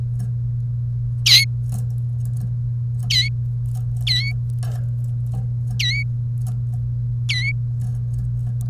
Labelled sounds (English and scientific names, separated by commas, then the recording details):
Domestic Canary (Serinus canaria) song
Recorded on 1 May 2018 at 09:20
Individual llb3